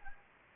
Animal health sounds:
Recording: mosquito wingbeat signal from an infrared sensor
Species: Anopheles gambiae

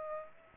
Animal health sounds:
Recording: mosquito wingbeat signal from an infrared sensor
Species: Aedes aegypti

